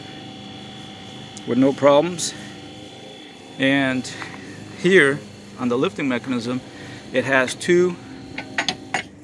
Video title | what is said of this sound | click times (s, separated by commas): QuickJack BL-5000SLX Lifting a 1998 Honda Civic... | If you heard that click, | 8.4 s, 8.6 s, 8.7 s, 9.0 s